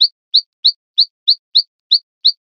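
Bird chirping: eight short, high, sharp chirps, each rising quickly, repeated evenly about three times a second with silence between.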